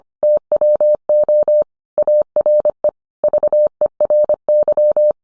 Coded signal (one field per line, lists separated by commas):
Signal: Morse code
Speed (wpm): 25 wpm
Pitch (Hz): 600 Hz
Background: none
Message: TWO ARE VERY